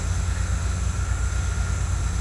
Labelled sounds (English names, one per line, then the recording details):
none
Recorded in pastures near Puerto Asís, Putumayo, Colombia, on 21 December 2024 at 10:00
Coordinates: 0.466, -76.322
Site G040